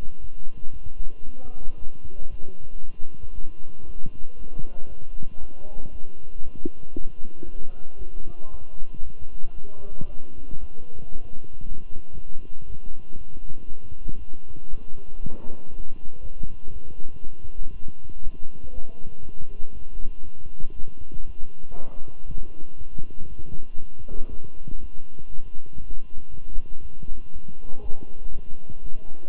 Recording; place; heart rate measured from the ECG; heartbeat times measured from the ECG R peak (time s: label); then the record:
heart sounds by stethoscope; between the tricuspid and mitral areas; 117 bpm
0.20 s: heartbeat
0.72 s: heartbeat
1.25 s: heartbeat
1.78 s: heartbeat
2.30 s: heartbeat
2.81 s: heartbeat
3.33 s: heartbeat
3.85 s: heartbeat
4.37 s: heartbeat
4.88 s: heartbeat
5.39 s: heartbeat
5.91 s: heartbeat
6.42 s: heartbeat
6.93 s: heartbeat
7.45 s: heartbeat
7.97 s: heartbeat
8.50 s: heartbeat
9.02 s: heartbeat
9.55 s: heartbeat
10.06 s: heartbeat
10.59 s: heartbeat
11.11 s: heartbeat
11.62 s: heartbeat
12.13 s: heartbeat
12.66 s: heartbeat
13.17 s: heartbeat
13.67 s: heartbeat
14.18 s: heartbeat
14.69 s: heartbeat
15.20 s: heartbeat
15.70 s: heartbeat
16.21 s: heartbeat
16.72 s: heartbeat
17.22 s: heartbeat
17.72 s: heartbeat
18.23 s: heartbeat
18.73 s: heartbeat
19.23 s: heartbeat
19.73 s: heartbeat
20.24 s: heartbeat
20.74 s: heartbeat
21.25 s: heartbeat
21.75 s: heartbeat
22.26 s: heartbeat
22.77 s: heartbeat
23.28 s: heartbeat
23.78 s: heartbeat
24.29 s: heartbeat
24.80 s: heartbeat
25.30 s: heartbeat
25.80 s: heartbeat
26.30 s: heartbeat
26.81 s: heartbeat
27.32 s: heartbeat
27.82 s: heartbeat
28.32 s: heartbeat
28.83 s: heartbeat
From the record:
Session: walking at 3.7 km/h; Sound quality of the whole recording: good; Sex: male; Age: 23 years